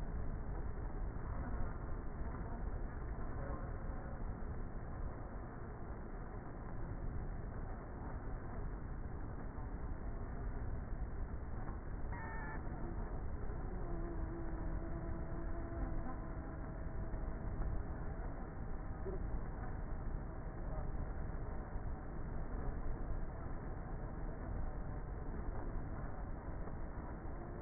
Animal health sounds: honeybee colony, microphone inside the hive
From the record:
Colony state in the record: queenless with a low population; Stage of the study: before two queens were removed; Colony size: about 30,000 bees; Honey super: no

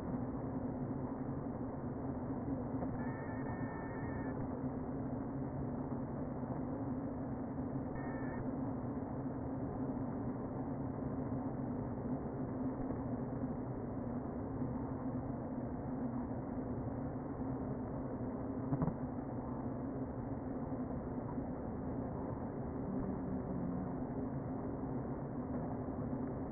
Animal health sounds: honeybee colony, microphone inside the hive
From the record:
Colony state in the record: queen present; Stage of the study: before two queens were removed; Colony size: about 60,000 bees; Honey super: yes

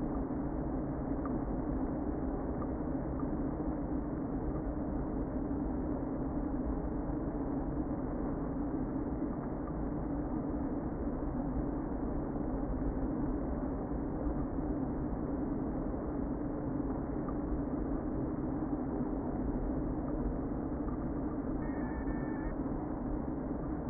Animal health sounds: honeybee colony, microphone inside the hive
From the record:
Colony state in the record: queen present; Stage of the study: before two queens were removed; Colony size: about 60,000 bees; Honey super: yes

